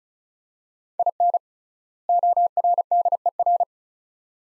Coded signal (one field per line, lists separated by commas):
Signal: Morse code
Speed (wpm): 36 wpm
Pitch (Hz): 700 Hz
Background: none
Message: IN ORDER